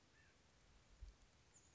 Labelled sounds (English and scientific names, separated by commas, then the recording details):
White-breasted Nuthatch (Sitta carolinensis)
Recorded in Sonoma County, California